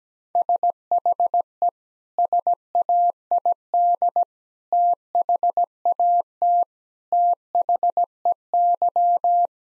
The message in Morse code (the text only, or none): SHE SAID THAT THEY